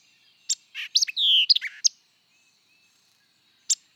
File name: White-eyed Vireo